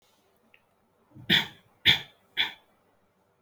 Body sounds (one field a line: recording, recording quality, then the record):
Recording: shallow voluntary cough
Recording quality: excellent, no background noise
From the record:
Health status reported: healthy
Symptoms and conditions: hypertension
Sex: male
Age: 23 years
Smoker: no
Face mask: not worn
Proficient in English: no